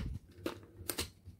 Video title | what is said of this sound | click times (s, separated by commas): The Importance of UVB for Birds + Unboxing the PureSun Mini Bird Light | there we go and you can hear a click did you hear that click | 0.9 s